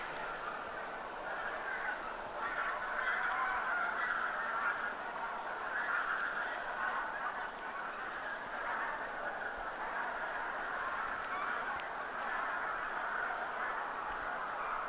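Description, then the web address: Taiga bean goose flock calling: a continuous chorus of overlapping nasal honks and cackles from many birds, steady for the whole fifteen seconds. A flock calling, recorded 29 October 2025. "29 10 2025 metsahanhiparven aantelya"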